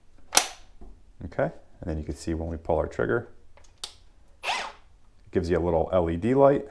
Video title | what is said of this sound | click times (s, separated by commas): Hychika Brushless Hammer Drill Tutorial Model HDB18F | with these grooves right here and slide it until you hear it click. | 0.4 s